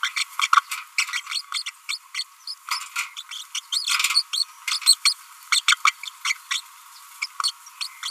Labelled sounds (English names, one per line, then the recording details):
Green-rumped Parrotlet babbling
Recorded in a nest box in Venezuela
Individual 18B25A3